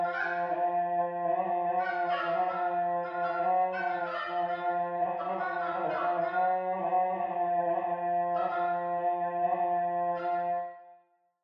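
Llama giving a long, nasal, harmonic cry held for about eleven seconds, wavering slightly in pitch, then fading away at the end.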